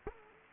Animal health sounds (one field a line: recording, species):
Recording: mosquito wingbeat signal from an infrared sensor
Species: Culex quinquefasciatus